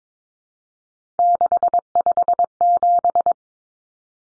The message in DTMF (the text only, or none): none